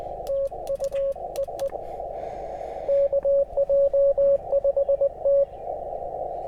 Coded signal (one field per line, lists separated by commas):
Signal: Morse code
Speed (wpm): 18 wpm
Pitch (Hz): 560 Hz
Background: radio noise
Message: TU EE KJ5T